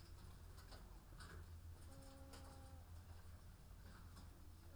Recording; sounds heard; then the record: poultry house recording; sick chickens (respiratory disease)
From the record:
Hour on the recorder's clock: 14